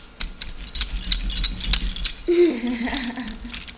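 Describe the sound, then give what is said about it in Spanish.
Colored pencils rattle and clink against each other while someone draws in a 31 Minutos activity booklet, a scattered series of light, bright clicks, with a brief low murmur partway through. “Dice que escuchó un plato. No, son los colores”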